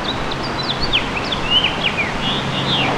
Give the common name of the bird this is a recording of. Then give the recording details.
House Finch. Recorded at Amityville on Long Island, New York, on 12 June 2013. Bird B